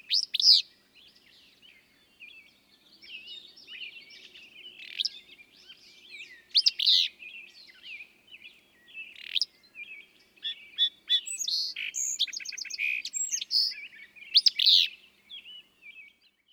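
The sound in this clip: Willow flycatcher song: short, sneezy bursts repeated several times at irregular gaps among many softer chirps and twitters.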